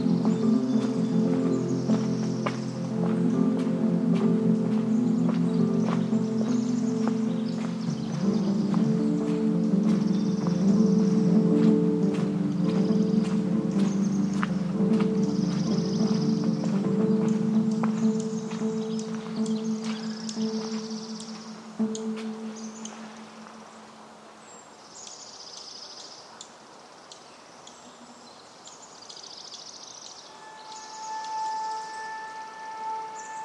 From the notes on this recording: Upper Macleay section of Forest Park, Portland, Oregon